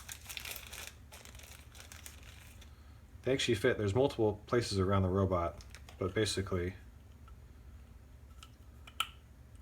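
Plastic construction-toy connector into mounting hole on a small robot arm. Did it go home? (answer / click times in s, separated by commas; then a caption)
yes / 9.0 s. A plastic construction-toy connector piece is pressed into a mounting hole on the arm of a small myCobot Pi robot arm from Elephant Robotics. Crinkling sounds open the clip, someone talks in the middle, and after a quieter stretch a single sharp, loud click is heard at 9.0 s as the piece snaps in and seats.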